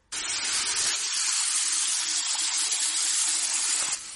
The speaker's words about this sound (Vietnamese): Anh bước vào trong phòng tắm, ngay sau đó bên trong vang lên tiếng nước chảy ào ào.